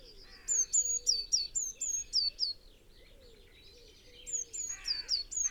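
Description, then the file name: Eurasian blue tit repeating high, quick falling notes in two short runs, with lower chirps and soft whistles mixed in. "Cyanistes caeruleus"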